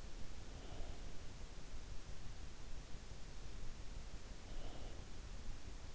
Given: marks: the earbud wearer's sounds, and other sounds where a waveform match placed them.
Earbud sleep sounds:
sounds in sleep by an in-ear microphone; breath
0.18-1.56 s: breath
4.20-5.49 s: breath

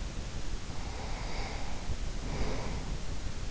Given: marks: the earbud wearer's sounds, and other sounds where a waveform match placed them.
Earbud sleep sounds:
sounds in sleep by an in-ear microphone; breath
0.45-3.29 s: breath

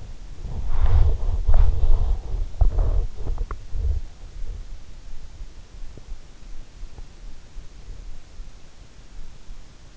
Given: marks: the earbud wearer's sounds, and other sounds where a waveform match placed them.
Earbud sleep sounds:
sounds in sleep by an in-ear microphone; body movement
0.00-4.78 s: body movement

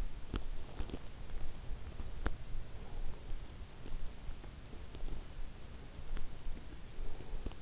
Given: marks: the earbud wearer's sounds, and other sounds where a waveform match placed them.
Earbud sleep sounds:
sounds in sleep by an in-ear microphone; teeth grinding
0.24-2.44 s: teeth grinding
3.84-7.61 s: teeth grinding

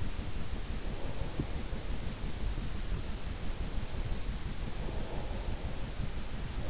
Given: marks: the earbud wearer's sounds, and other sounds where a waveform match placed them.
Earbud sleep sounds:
sounds in sleep by an in-ear microphone; breath
0.00-2.49 s: breath
3.75-6.20 s: breath

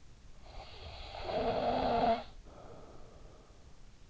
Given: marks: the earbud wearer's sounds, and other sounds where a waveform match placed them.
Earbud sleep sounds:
sounds in sleep by an in-ear microphone; snoring breath
0.14-3.57 s: snoring breath

